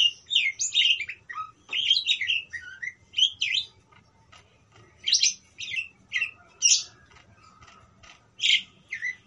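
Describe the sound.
Parakeet giving short, high chirps in clusters, each cluster separated by brief silences, with a few buzzy squeaks mixed in.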